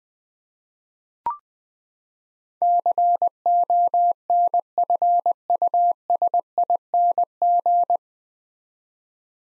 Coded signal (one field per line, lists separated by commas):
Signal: Morse code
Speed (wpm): 20 wpm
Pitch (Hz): 700 Hz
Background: none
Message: CONFUSING